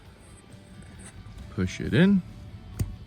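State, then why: Seated. On a Mercedes E63 AMG, during an airbag emblem replacement, the blue airbag connector plug is pushed into its matching blue socket on the steering wheel airbag module while someone talks. A short, sharp click is heard at 2.8 s as the connector seats, after which the safety tab is pushed in to lock it.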